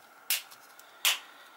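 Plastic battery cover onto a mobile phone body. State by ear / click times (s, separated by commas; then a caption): seated / 0.3 s, 1.1 s. A plastic battery cover is pressed onto the body of a Philips E106 mobile phone after the battery is inserted. Two loud, sharp plastic snaps ring out at 0.3 s and 1.1 s, with a faint tick between them. The cover is confirmed fully closed and seated.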